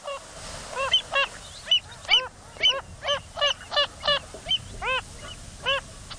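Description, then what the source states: Wilson's phalarope calls: short nasal arched notes repeated about twice a second, uneven in spacing and loudness, over a faint steady hiss. Described as the spinning bird of salt lakes.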